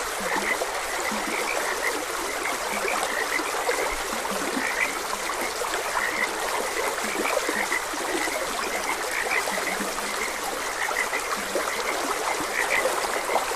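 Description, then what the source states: Frogs croaking, high pulsed notes mixed with recurring low short croaks, over a steady stream trickle. Frogs croaking beside a gentle stream.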